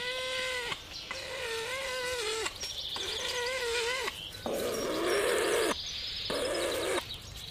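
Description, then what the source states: Weka calls: long, nasal, harmonic notes held and wavering, repeated several times with short gaps, the later ones harsher and rougher. Male weka on a regenerating farm, Marlborough Sounds; one call serving both to attract his female to pass on meat and to warn an intruding weka off his territory.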